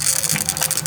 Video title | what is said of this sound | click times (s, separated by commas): The Newest Jeep Wrangler JK LED Tail Lights from LOYO LED - Install and Review | click click that's | 0.5 s